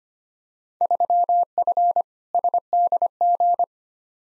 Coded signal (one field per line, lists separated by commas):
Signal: Morse code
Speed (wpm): 25 wpm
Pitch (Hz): 700 Hz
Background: none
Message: 3F SDG